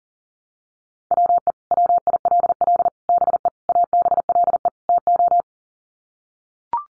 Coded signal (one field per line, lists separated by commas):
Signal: Morse code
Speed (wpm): 40 wpm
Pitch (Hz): 700 Hz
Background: none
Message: WE WILL BE ABLE TO